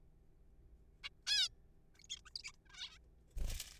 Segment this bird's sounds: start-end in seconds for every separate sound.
1.04-1.09, 1.27-1.48, 1.99-2.01, 2.04-2.07, 2.10-2.16, 2.17-2.18, 2.26-2.29, 2.36-2.38, 2.39-2.42, 2.44-2.52, 2.66-2.69, 2.70-2.98